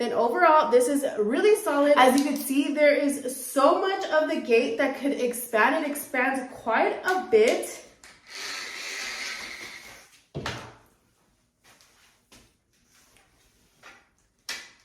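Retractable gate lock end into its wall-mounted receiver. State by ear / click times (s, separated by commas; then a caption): not seated / none. Someone talks while an extra tall retractable mesh baby and pet safety gate is extended, then a broadband rustling slide runs from about 8 to 10 s as the gate is pulled across toward its wall-mounted receiver, followed by a sharp knock near 10.5 s and a few faint ticks. The clip ends before the locking end goes home, so nothing has seated or clicked yet.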